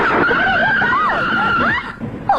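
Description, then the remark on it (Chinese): A car roars at high speed while its tires squeal in a long, wavering screech that rises and bends in pitch, cutting off abruptly before a brief final squeal. “你怎么开得这么快呀？”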